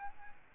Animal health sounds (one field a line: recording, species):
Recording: mosquito wingbeat signal from an infrared sensor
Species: Aedes albopictus